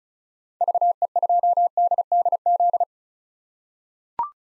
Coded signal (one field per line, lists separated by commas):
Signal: Morse code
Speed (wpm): 34 wpm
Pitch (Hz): 700 Hz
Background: none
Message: VE2DDZ